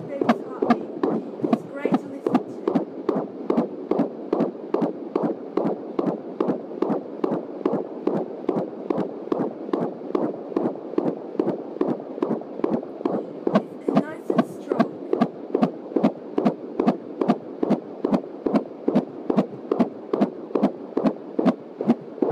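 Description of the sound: A fetal heartbeat heard on a home Doppler fetal heart monitor through an external speaker, a fast, regular pulsing at about 143 beats per minute. Found just past the pubic line at about 21 weeks of pregnancy; the baby is a girl.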